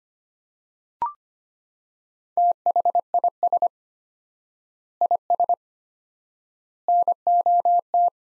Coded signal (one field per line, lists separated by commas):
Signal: Morse code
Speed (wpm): 25 wpm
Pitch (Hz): 700 Hz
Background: none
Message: THIS IS NOT